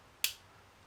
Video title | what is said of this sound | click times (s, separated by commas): Tikka T3/T3X Rifle Bolt Disassembly & Maintenance | we're going to put it on and then we're going to turn it once back until it clicks once | 0.2 s